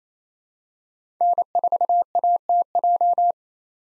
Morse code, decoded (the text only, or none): N4ATJ